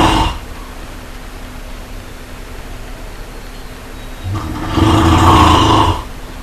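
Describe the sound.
Brown bear, a loud rasping roar lasting over a second after a long pause, with a breathy noisy texture.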